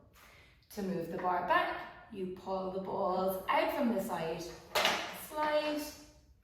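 A reformer foot bar is being adjusted: the stoppers at the side are pulled out to slide the bar back toward its stopper in the frame while someone talks throughout. A faint sound is heard at 0.6 s, but the foot bar has not yet clicked into place or seated by the end of the clip.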